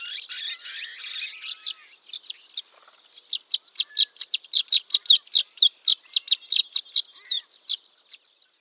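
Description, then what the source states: Violet-green Swallow chatter: a brief buzzy twitter, then a long run of many crisp, high tweets. Sweet, musical tweet, usually in series; lacks some of the harsher elements of the other swallows.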